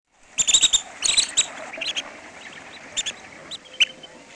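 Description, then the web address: Long-billed Dowitcher calls: a quick cluster of high, sharp notes at the start, then scattered single sharp notes. "Peterson North American Birds. lbdo"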